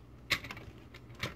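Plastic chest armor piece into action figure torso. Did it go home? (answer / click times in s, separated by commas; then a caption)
no / none. The plastic chest armor piece of a Powermaster Optimus Prime transforming action figure is set on the front of the figure's torso, with its pegs sliding through into the body. A few short, light plastic ticks and taps of handling are heard against a quiet background. Nothing has seated or snapped into place yet.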